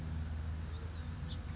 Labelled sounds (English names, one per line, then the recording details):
House Finch
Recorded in Sonoma County, California